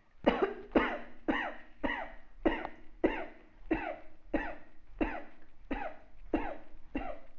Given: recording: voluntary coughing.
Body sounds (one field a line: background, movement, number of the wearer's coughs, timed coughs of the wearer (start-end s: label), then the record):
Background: quiet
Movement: sitting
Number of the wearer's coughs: 12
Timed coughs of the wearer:
0.24-0.57 s: cough
0.73-1.07 s: cough
1.26-1.62 s: cough
1.81-2.10 s: cough
2.43-2.79 s: cough
3.01-3.30 s: cough
3.69-4.07 s: cough
4.31-4.56 s: cough
4.98-5.42 s: cough
5.68-6.04 s: cough
6.31-6.66 s: cough
6.93-7.17 s: cough
From the record:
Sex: female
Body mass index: 36.4 kg/m2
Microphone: on the chest, facing outward